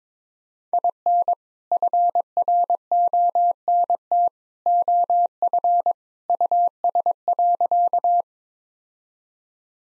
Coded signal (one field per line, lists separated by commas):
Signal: Morse code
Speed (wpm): 22 wpm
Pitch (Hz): 700 Hz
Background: none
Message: IN FRONT OF US.